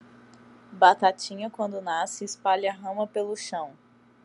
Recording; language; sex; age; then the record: short text; Brazilian Portuguese; female; 20 to 29 years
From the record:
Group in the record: control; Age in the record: 25 years